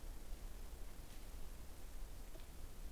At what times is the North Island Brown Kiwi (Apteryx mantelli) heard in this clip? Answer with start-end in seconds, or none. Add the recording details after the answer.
none. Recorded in New Zealand on 21 November 2014. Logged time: 01:28. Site CL78